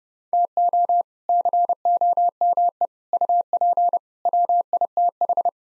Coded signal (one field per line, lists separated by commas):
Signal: Morse code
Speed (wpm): 40 wpm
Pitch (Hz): 700 Hz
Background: none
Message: TO COME UP WITH